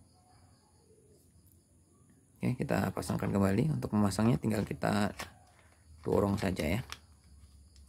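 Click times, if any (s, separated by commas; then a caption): none. A plastic battery pack is being refitted onto the back of a Baofeng DM 1702 handheld DMR radio while someone talks. Nothing has seated or clicked yet, and the pack is still not locked into place when the clip ends.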